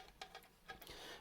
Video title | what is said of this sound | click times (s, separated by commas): 5 Slot SBC Cluster Kit Assembly | that just pushes in until it clicks and then that's that fixed in place | 0.2 s